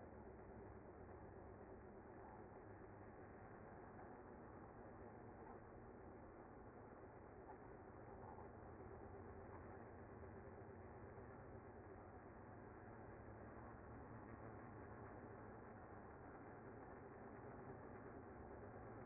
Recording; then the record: honeybee colony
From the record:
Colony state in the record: active